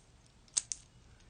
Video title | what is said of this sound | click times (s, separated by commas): Sunday Wind Up - Sunday, January 11th - Full Episode | You have that audible click right here | 0.6 s, 0.7 s